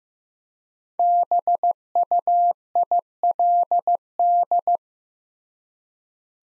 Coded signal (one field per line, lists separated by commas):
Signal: Morse code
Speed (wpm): 15 wpm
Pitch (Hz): 700 Hz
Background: none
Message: BUILD